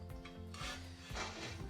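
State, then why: Not seated. A telescopic steel tube on a DJ lighting/speaker stand is lowered to see whether its spring locking clip snaps into the locking hole, producing only faint metal rubbing and soft knocks. The tube is hard to move and the clips are still blocked, so nothing has clicked or seated yet.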